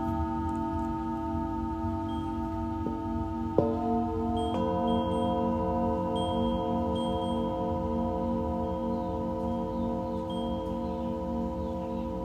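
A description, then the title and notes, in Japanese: Singing bowls ring in a sound healing session, their long sustained tones layering and humming with a slow pulsing beat. New strikes add fresh tones around three and four and a half seconds, with faint higher chime-like tinkles above the steady drone. 真夜中の シンギングボウルのサウンドヒーリング ライブ。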